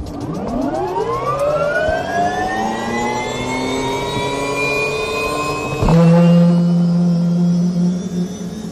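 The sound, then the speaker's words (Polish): A police patrol aircraft's engine starts up for takeoff on an aerial traffic patrol over the A1 and A2 motorways near Łódź, its turbine whine climbing steadily in pitch and then levelling off into a loud, sustained drone, with a deeper steady hum joining partway through. No one speaks. “Zamykamy. Ten monitor, to co tutaj się wyświetla? Obraz kamery. To startujemy.”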